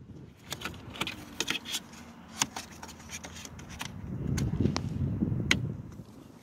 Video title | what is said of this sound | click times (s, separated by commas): Programming for Immobilizer CJD-BP19 with Security Gateway Bypass Cable (RAM 2500+) | now it's clicked back into place | 5.5 s